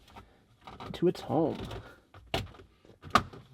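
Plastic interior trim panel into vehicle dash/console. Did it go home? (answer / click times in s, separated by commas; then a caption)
yes / 2.3 s, 3.2 s. A custom-modified plastic factory trim panel with an integrated bass knob is pushed back into its spot in a vehicle's dash or console. Someone talks, then the panel's retaining clips give sharp snaps at 2.3 and 3.2 seconds as it seats.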